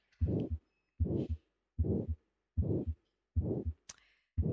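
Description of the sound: Five steady beats at about 76 a minute in an adult heart heard by stethoscope, each with a very harsh, rushing ejection murmur filling the gap between the first and second heart sounds. This is the systolic ejection murmur of aortic stenosis, caused by a narrowed aortic valve. A voice starts at the end.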